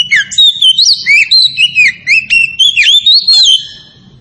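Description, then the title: Oriental magpie-robin singing continuously, fast varied whistles, slurs and sharp chips packed closely together, fading out at the end. Tretes variety, in full song. "Kacer Tretes Gacor"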